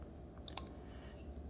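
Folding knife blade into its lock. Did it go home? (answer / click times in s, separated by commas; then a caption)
partly / none. A budget Ganzo folding knife is flipped open, and its blade swings into the lock, giving only a couple of faint, quiet ticks around 0.5 and 0.6 s over a low background hum. The lock barely engages, and no click is heard.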